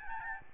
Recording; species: mosquito wingbeat signal from an infrared sensor; Aedes albopictus